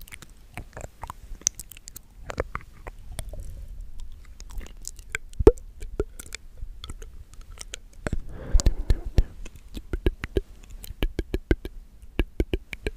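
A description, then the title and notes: Brushing on a face makes dense, irregular ticks and soft scratchy strokes, many sharp clicks spread throughout. A fuller stretch of bristle rustle comes around eight to nine seconds, then quick regular taps follow toward the end. A faint low hum sits underneath. Brushing Your Face.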